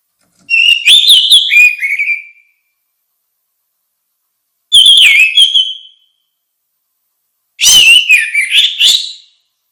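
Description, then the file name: Orange-headed thrush singing three whistled, warbling phrases with quick slurred notes, the first and last longer, separated by short pauses. "suara kicau burung anis merah"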